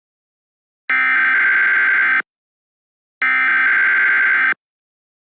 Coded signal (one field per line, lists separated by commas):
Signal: Emergency Alert System (SAME) tones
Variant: header bursts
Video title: Eas Scenario 2 BOOM!!! Reupload